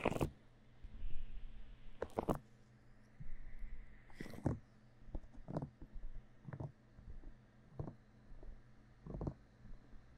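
Sticky aloe gel is rubbed and squelched during an ear massage, with sharp wet smacks near the start, around two, four and nine seconds, over a low steady hum.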